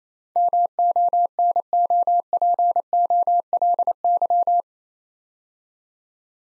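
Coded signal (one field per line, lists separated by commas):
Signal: Morse code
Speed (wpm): 27 wpm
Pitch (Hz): 700 Hz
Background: none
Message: MONOPOLY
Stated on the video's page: Morse practice drill of 8-letter words at 28 WPM, each word sent twice.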